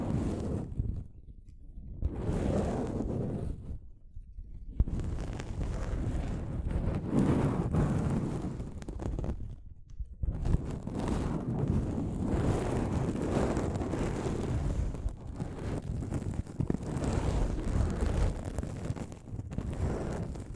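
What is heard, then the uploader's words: Soft fabric brushes against a microphone in uneven, dense rustling strokes, mostly low and muffled with a whooshing, wind-like quality. Brief near-silent gaps fall around two, four and ten seconds; after that the rubbing continues almost without pause to the end. ASMR Mic Brushing using Soft Fabric (No Talking).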